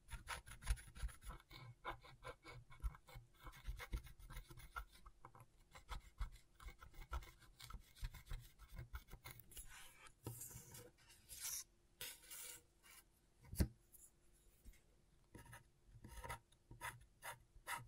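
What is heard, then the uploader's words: Scratchboard being worked with a tool, a dense run of short dry scratches and rasping strokes at an uneven, fairly quick pace. Strokes grow brighter and sharper after about ten seconds, with a hard scrape near fourteen seconds and a faint steady tone underneath throughout. ASMR Brain Tingling Scratchboard (No Talking).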